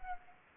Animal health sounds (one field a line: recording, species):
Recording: mosquito wingbeat signal from an infrared sensor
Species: Anopheles arabiensis